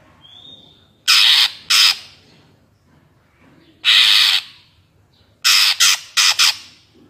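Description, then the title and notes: Greater green leafbird: a faint thin whistle, then loud rasping squawks and a closing burst of four quick harsh notes. Active singing bird with crest raised, in the ngentrok song style, described as melodious; recording made as a master track for training captive greater green leafbirds. "Cucak Ijo Gacor Ngentrok Jambul Nembak. suara burung cucak ijo gacor, merdu cocok buat masteran burung cucak ijo"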